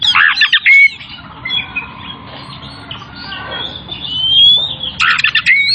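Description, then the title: Oriental magpie-robin giving harsh, squawky bursts at the start and end, with thin sliding whistles and quieter chatter in between over a low background hum. Bird singing vigorously (gacor); Tretes. "Kacer Tretes Gacor"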